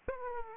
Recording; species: mosquito wingbeat signal from an infrared sensor; Aedes aegypti